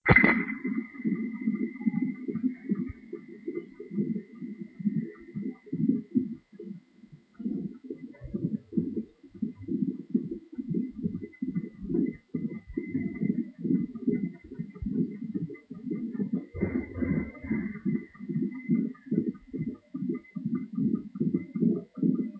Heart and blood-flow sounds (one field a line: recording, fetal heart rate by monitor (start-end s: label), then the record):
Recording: fetal heart sounds by stethoscope on the mother's abdomen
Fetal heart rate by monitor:
0.00-10.00 s: 138 bpm
10.00-20.00 s: 144 bpm
From the record:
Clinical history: decreased amniotic fluid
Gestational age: 34 weeks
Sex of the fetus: girl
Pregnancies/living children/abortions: 3/0/2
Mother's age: 34 years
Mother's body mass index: 28.9